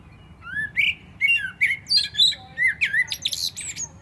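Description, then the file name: Common blackbird song, a string of rich whistled notes rising and falling, finished with a burst of squeaky, high-pitched twittering. "Turdus merula"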